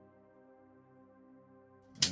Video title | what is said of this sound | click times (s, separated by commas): Setup a Synology NAS | And first one up. They should just click in place just like that. | 2.0 s